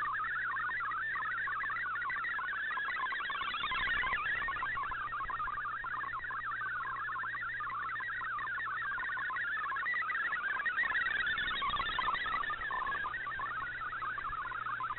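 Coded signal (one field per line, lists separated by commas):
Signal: multi-tone FSK (Olivia or MFSK type)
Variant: MFSK32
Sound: fast warbling stream of hopping tones, steady and continuous, like rapid bubbly chirps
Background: radio static, low hum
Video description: Here is my decode of the Shortwave Radiogram broadcast today on 7780Khz shortwave radio at 2030UTC in MFSK32 and 64 and with 8 SSTV images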